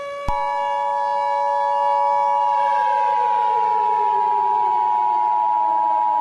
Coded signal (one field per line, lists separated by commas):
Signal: Emergency Alert System (SAME) tones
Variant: 853 and 960 Hz attention tone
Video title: EAS Mock Scenario: Awaken